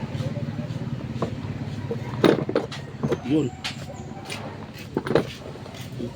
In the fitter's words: Ayaw mag ayaw mag-lock to